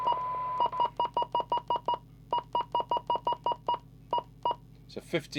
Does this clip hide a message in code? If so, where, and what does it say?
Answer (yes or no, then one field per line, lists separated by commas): no